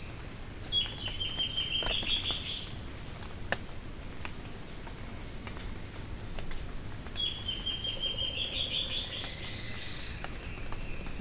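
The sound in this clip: Bird: two rapid series of high chattering notes, each about two seconds long, set against a constant high insect buzz.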